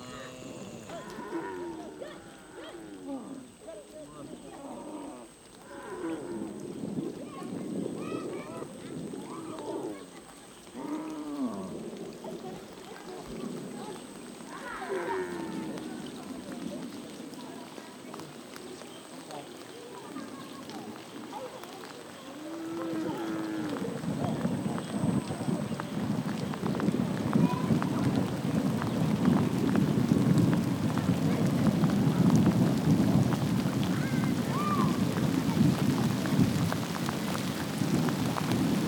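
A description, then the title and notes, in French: Cows cross the Niger River, their low moos and lowing calls rising at intervals through the first twenty seconds, mixed with voices. After about 23 seconds a dense, steady rush of water and splashing grows louder and fills the rest, with a thin high whine throughout. Chants et sons du Mali. Les vaches traversent le fleuve Niger vers l'Ouest. Enregistrements : juillet-août 05.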